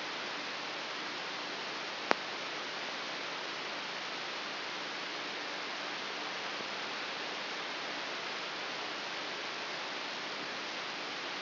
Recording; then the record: brain microelectrode recording played as sound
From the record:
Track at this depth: inside the subthalamic nucleus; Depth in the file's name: 3.099 mm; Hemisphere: left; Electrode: 3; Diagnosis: Parkinson's disease